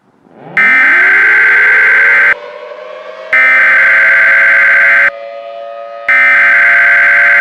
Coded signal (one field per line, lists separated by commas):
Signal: Emergency Alert System (SAME) tones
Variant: header bursts